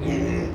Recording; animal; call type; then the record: contact call of a hoofed animal; pig; closed-mouth grunt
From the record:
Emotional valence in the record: negative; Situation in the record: short social isolation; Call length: 0.55 s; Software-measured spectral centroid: 1510 Hz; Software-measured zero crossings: 890 a second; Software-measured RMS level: -24 dBFS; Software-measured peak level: -13 dBFS